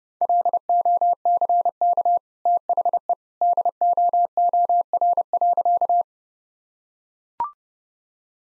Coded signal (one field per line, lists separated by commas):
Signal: Morse code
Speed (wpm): 30 wpm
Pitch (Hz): 700 Hz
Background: none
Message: LOCK THE DOOR.